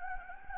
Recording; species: mosquito wingbeat signal from an infrared sensor; Anopheles gambiae